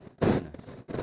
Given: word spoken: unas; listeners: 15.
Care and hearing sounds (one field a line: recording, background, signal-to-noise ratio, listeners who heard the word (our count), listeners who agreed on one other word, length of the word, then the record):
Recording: one Spanish word in noise, from a listening test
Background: noise modulated by one talker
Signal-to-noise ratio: -12.0 dB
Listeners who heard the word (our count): 0 of 15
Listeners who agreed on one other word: 6 of 15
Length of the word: 0.62 s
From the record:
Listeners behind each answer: 6, 1, 1, 1, 1, 1, 1, 1, 1, 1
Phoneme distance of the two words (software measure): 17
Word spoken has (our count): 2 syllables, 4 phonemes, stress on syllable 1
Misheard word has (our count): 2 syllables, 5 phonemes, stress on syllable 1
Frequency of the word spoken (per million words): 298.67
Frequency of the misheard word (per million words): 22.00